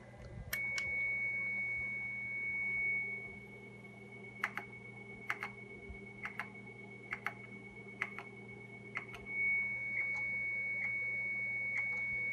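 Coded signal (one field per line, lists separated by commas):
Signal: 300-baud modem data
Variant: Bell 103, 300 baud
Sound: a steady high whistle-like modem carrier with keyboard clicks over it, briefly dropping out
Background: keyboard typing, room hum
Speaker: if i leave it on originate and hit test you'll hear a tone and it'll actually hear its own tone and it'll play back what is uh recorded onto the screen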